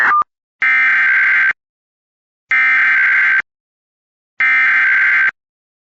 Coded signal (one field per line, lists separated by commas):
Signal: Emergency Alert System (SAME) tones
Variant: header bursts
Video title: EAS #851 Immediate Evacuation for Oklahoma